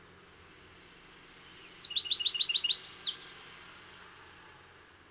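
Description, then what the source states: Bird song, a run of high chirped notes, then a quick series of steeply falling notes repeated about five times, ending in a few thin notes. Described as aberrant songs.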